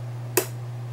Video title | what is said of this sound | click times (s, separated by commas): PC 10: Installing the Memory | automatically click in just like that so just push down | 0.4 s